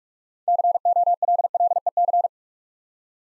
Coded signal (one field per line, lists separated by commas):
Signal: Morse code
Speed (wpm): 48 wpm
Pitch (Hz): 700 Hz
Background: none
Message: COLLEC